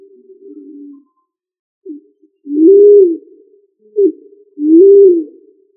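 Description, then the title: Pigeon giving soft, low coos, each a brief lead-in note followed by a fuller rising-and-falling coo, repeated roughly every two seconds. "Familia ColumbidaePomba"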